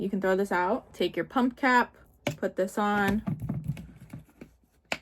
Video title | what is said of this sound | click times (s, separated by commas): let's dye my hair again with john frieda color foam! trying the blue black shade 👀 | and you're gonna hear it click. | 4.9 s